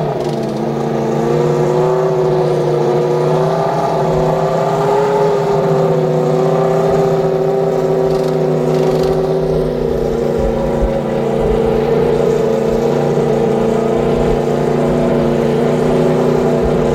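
IndyCar engine noise at Fontana, a steady, dense drone with a low hum and several stacked tones that waver slightly up and down throughout. Loudness stays nearly constant for the whole stretch, with no distinct pass-bys, only slow shifts in pitch.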